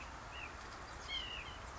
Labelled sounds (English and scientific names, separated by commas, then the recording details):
White-breasted Nuthatch (Sitta carolinensis)
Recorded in Sonoma County, California